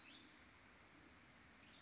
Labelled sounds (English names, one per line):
Western Tanager